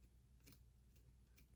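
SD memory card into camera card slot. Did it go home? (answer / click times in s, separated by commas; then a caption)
no / none. An SD memory card is pushed into the main card slot (slot 1) of a Sony A7 III / A7R3 camera, with only faint, soft ticks around 0.5 s, 1.0 s and 1.4 s over a low background hum. The spring latch does not catch, and nothing has seated or clicked: the card doesn't lock in place.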